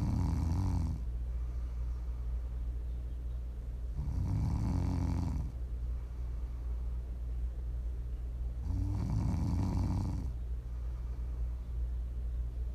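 ASMR snoring from a sleeping adult: three low-pitched, buzzing snores roughly four seconds apart, over a steady low background hum.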